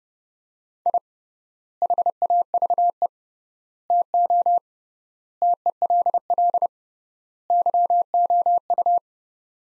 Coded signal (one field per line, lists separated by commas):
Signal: Morse code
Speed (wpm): 30 wpm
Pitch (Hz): 700 Hz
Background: none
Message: I HAVE TO TELL YOU